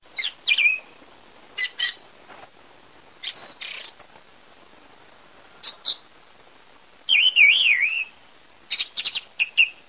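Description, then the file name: Thrush song, short high whistled phrases separated by pauses, including a warbling wavering trill and a few sharp clipped notes. "TORDOGIUSEPPE"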